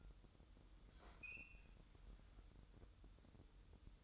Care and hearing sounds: daily activity, microphone in the room; open fridge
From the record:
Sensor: 3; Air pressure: 988.4 hPa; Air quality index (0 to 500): 192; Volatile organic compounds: 273 ppm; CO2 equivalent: 4418 ppm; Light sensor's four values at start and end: 24/74/31/27 and 24/74/31/27

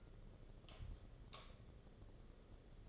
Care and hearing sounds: daily activity, microphone in the room; light off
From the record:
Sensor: 4

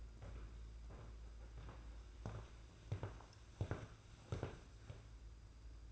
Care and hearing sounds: daily activity, microphone in the room; walk to room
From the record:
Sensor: 2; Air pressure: 991.9 hPa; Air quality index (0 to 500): 233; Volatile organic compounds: 1000 ppm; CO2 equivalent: 7828 ppm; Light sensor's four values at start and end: 18/58/22/21 and 12/41/16/15

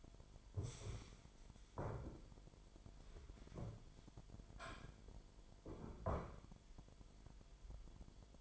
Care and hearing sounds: daily activity, microphone in the room; stand up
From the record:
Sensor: 5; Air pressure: 998.6 hPa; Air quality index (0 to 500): 84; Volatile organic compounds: 1 ppm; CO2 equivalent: 962 ppm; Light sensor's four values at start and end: 39/94/39/43 and 39/95/39/44

